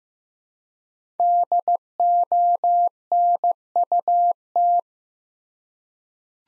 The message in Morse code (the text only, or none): DONUT